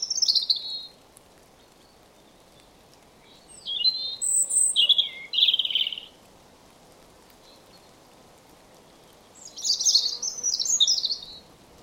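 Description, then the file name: European robin song: several quick phrases of high, sweet whistles and twittering trills, separated by pauses. "Erithacus rubecula"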